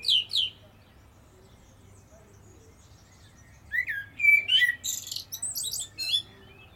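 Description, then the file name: Common blackbird giving two sharp high notes, then after a pause a burst of warbled and squeaky twittering phrases with faint low hum underneath. "Turdus merula"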